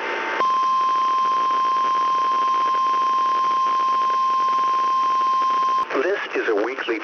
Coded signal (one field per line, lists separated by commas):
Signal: Emergency Alert System (SAME) tones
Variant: 1050 Hz attention tone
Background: speech